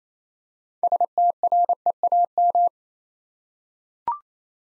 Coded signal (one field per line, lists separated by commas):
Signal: Morse code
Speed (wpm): 27 wpm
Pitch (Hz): 700 Hz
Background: none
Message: STREAM